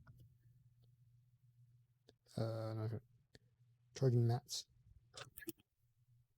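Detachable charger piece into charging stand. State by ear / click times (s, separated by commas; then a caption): partly seated / 5.4 s, 5.5 s. A detachable charger piece is pushed into a plastic magnetic charging stand while someone talks. Only a weak little click comes at 5.4 and 5.5 seconds. The piece is barely held and almost slips out, so it does not seat firmly.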